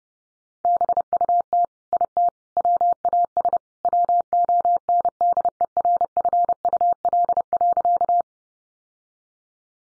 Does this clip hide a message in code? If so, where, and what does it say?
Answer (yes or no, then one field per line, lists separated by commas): yes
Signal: Morse code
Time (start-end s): 0.7-8.2 s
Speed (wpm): 30 wpm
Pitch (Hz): 700 Hz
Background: none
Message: BUT IT WAS WONDERFUL.